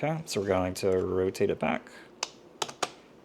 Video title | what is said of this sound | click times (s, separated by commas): Unboxing, Debugging and using the Lomo Daylight Developing Tank for 35 mm | Click. Remove the film holder. | 2.2 s, 2.6 s, 2.8 s